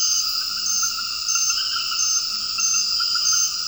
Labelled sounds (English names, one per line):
none